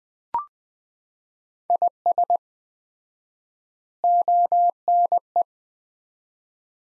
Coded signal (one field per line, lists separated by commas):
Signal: Morse code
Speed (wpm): 21 wpm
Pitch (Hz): 700 Hz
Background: none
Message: IS ONE